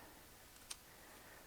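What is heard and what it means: A Holosun 509 red dot optic is pressed down onto an AOS 509T pistol slide optic plate so its recoil key locks into place against the slide. A single small, sharp tick sounds at 0.7 s against a quiet background. The optic seats and sits flush on the plate.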